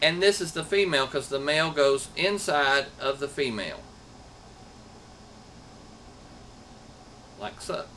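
Someone talks while holding the male and female plastic Molex connector housings and lining them up before pushing them together, with the male housing going into the female. After about 3.8 seconds there is only a low, steady background hiss until a short burst of talking near 7.4 seconds. Nothing has seated or clicked yet.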